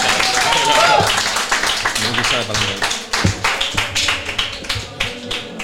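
An audience applauds: a dense burst of many hands clapping that gradually thins into scattered, more distinct claps toward the end, with a brief vocal sound mixed in at the start.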